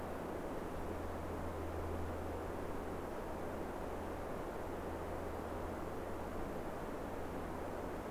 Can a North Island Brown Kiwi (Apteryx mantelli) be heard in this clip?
no